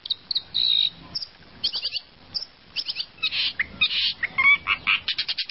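Bird song, scattered high chirps and buzzy notes in short clusters, with a longer harsh burst near the start.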